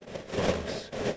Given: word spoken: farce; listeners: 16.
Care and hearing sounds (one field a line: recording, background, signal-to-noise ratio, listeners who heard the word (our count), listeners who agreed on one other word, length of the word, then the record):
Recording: one English word in noise, from a listening test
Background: noise modulated by three-talker babble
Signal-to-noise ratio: -8.0 dB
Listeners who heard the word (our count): 0 of 16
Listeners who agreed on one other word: 6 of 16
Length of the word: 0.77 s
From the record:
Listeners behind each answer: 6, 2, 1, 1, 1, 1, 1, 1, 1, 1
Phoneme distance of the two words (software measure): 17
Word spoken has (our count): 1 syllable, 3 phonemes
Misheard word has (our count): 1 syllable, 4 phonemes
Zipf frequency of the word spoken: 3.30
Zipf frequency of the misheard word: 4.92